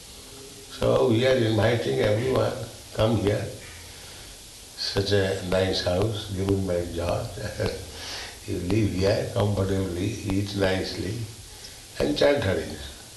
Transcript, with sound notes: So we are inviting everyone, "Come here. Such a nice house given by George. [laughs] You live here comfortably, eat nicely, and chant Hare